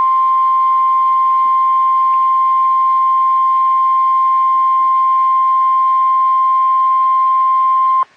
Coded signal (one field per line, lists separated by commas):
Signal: Emergency Alert System (SAME) tones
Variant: 1050 Hz attention tone